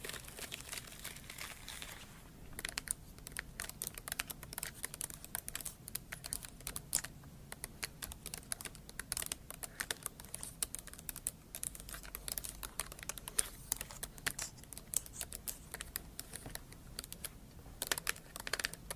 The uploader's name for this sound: Scratching & Tapping ASMR